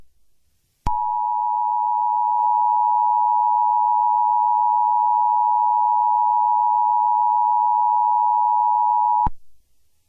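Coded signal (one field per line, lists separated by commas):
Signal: Emergency Alert System (SAME) tones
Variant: 853 and 960 Hz attention tone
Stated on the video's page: Not a real alert.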